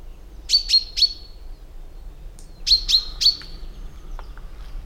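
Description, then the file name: Common chaffinch giving short, sharp high notes in a burst of three, a pause, then another burst of three. "Fringilla coelebs"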